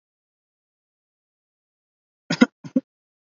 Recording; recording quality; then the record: heavy voluntary cough; poor, much background noise or distortion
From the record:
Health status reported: respiratory illness, not identified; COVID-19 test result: negative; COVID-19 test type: RT-PCR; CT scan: not taken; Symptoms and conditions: cough, fever, fatigue, muscle pain, asthma, ischaemic heart disease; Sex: male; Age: 35 years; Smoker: no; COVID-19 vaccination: both doses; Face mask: worn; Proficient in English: yes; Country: India